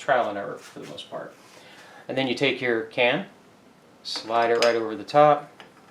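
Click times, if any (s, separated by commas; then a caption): none. A metal suppressor is being slid over the quick-detach mount on a firearm barrel while someone talks, with faint handling sounds between the words. Nothing has seated or clicked yet; the clip ends before the suppressor is screwed on and ratchets home.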